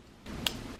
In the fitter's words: so now it's locked